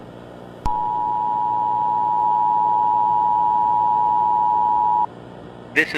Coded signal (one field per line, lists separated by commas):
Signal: Emergency Alert System (SAME) tones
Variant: 853 and 960 Hz attention tone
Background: speech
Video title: The Unthawing [EAS Scenario/Analog Horror] - Foxtrot Foundation